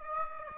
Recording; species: mosquito wingbeat signal from an infrared sensor; Aedes aegypti